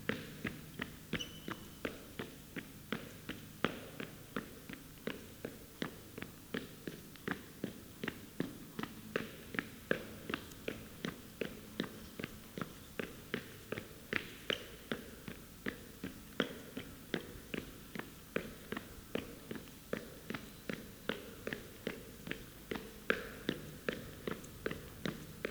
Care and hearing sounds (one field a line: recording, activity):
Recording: daily activity, guitar pickup as the sensor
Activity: run